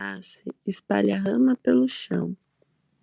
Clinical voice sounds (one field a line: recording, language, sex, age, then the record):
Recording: short text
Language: Brazilian Portuguese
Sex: female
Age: 20 to 29 years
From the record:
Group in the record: control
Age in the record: 22 years